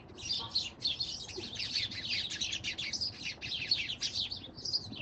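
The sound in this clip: Bird calls: dense, unbroken high chirping and twittering from start to end.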